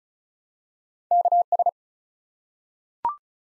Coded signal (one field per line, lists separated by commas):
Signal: Morse code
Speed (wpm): 36 wpm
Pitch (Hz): 700 Hz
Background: none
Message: KS